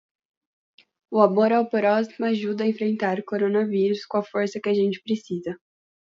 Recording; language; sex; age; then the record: spoken sentence; Brazilian Portuguese; female; 20 to 29 years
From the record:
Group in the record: control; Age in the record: 20 years